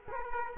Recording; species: mosquito wingbeat signal from an infrared sensor; Culex quinquefasciatus